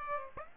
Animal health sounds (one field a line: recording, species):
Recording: mosquito wingbeat signal from an infrared sensor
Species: Aedes aegypti